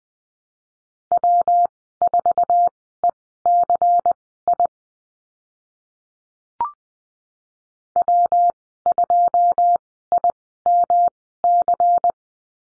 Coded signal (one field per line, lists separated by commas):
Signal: Morse code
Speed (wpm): 20 wpm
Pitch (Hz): 700 Hz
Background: none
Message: W4ECI W2IMC